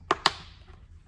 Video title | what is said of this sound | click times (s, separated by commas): Gear Chat: Installing a Bluetooth Headset Inside a Helmet - Cardo Harley-Davidson Bluetooth Tutorial | get that nice clicked in there | 0.1 s, 0.3 s